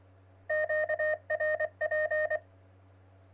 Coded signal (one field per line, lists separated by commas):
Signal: Morse code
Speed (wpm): 24 wpm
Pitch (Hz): 620 Hz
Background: none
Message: QRP